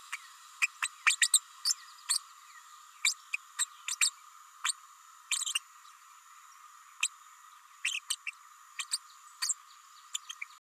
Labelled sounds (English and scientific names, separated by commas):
Green-rumped Parrotlet (Forpus passerinus) babbling